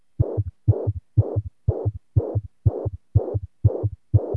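Fast, regular adult heartbeat near 122 per minute, heard by stethoscope, with a blowing systolic murmur and an extra low-pitched third heart sound: mitral regurgitation with an S3 gallop.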